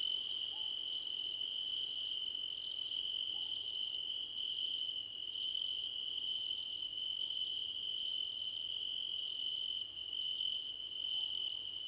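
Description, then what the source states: Crickets chirping in a dense chorus, a steady high trill underneath with repeated bursts of rapid pulsed chirps, barely pausing throughout. A crickets' choir competition.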